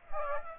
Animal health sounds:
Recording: mosquito wingbeat signal from an infrared sensor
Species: Aedes aegypti

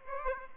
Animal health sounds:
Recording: mosquito wingbeat signal from an infrared sensor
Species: Aedes aegypti

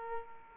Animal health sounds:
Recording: mosquito wingbeat signal from an infrared sensor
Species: Aedes aegypti

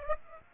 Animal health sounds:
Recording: mosquito wingbeat signal from an infrared sensor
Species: Aedes aegypti

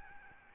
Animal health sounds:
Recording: mosquito wingbeat signal from an infrared sensor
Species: Aedes albopictus

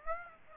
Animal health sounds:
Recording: mosquito wingbeat signal from an infrared sensor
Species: Aedes aegypti

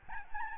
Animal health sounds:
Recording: mosquito wingbeat signal from an infrared sensor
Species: Aedes albopictus

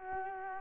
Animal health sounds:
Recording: mosquito wingbeat signal from an infrared sensor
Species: Culex quinquefasciatus

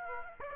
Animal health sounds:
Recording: mosquito wingbeat signal from an infrared sensor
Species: Aedes aegypti

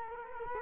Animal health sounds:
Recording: mosquito wingbeat signal from an infrared sensor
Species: Culex quinquefasciatus

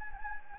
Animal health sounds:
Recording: mosquito wingbeat signal from an infrared sensor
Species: Anopheles gambiae

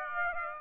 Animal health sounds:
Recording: mosquito wingbeat signal from an infrared sensor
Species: Aedes aegypti

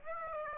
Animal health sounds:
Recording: mosquito wingbeat signal from an infrared sensor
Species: Aedes aegypti

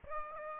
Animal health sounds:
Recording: mosquito wingbeat signal from an infrared sensor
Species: Aedes aegypti

